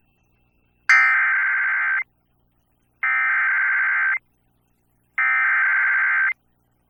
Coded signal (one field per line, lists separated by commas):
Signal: Emergency Alert System (SAME) tones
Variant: header bursts